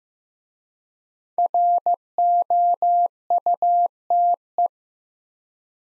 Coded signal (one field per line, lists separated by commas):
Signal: Morse code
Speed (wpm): 15 wpm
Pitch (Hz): 700 Hz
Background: none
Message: ROUTE